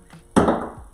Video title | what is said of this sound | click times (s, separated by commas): What's it take to build a Kit 3D printer??? Anet A8+ Unboxing, assembly, upgrading & fixing | You hear it pop into place there. | 0.4 s